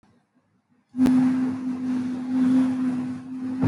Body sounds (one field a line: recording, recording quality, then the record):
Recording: sustained vowel as in beet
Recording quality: excellent, no background noise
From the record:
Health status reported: healthy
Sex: female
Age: 23 years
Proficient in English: yes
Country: India